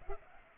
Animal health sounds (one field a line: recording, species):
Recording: mosquito wingbeat signal from an infrared sensor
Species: Culex pipiens